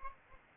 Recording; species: mosquito wingbeat signal from an infrared sensor; Aedes albopictus